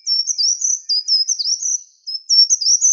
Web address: Certhia brachydactyla